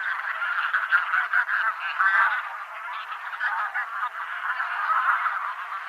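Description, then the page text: Taiga bean goose: taiga bean geese honking together in a continuous, busy chatter of overlapping nasal calls. Nominate subspecies, Anser fabalis fabalis. "Patrik berg - Гуменник (Anser fabalis fabalis)"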